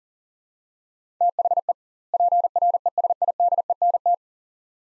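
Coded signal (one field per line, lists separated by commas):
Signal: Morse code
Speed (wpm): 37 wpm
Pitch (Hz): 700 Hz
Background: none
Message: THE PRESIDENT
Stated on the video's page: Morse practice at 40 wpm, two-word sets with 2x word spacing, Farnsworth-like method using words; each set is sent, then spoken.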